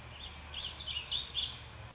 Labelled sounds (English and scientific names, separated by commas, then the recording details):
Warbling Vireo (Vireo gilvus)
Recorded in Sonoma County, California